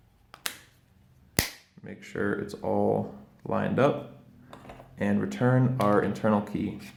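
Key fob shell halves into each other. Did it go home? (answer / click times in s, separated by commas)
yes / 0.5 s, 1.4 s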